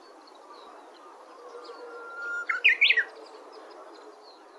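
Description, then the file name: Japanese bush warbler song: a long steady whistled note followed by a quick, rising and falling flourish of bright notes, over a constant low background hiss. Watarase, 29 October 2022. "uguisu watarase"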